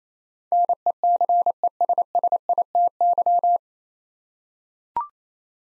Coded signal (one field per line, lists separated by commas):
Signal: Morse code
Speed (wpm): 28 wpm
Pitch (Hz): 700 Hz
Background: none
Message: NECESSITY